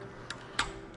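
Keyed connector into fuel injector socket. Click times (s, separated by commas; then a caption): 0.3 s, 0.6 s. A keyed fuel injector harness or pass-thru connector is pushed into its socket during diesel injector installation on a Cummins ISL engine. Two sharp clicks sound at 0.3 s and a louder one at 0.6 s over a faint steady hum. The keyed connector clicks in and is seated.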